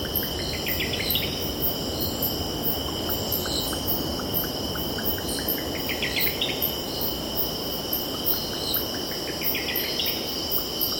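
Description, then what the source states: Cicadas give a high, even, ringing buzz with faint rhythmic pulsing. A bird's runs of short notes climb and speed up every few seconds, with steady low surf roar behind. Cicadas stridulating, with birds calling and distant ocean in the background.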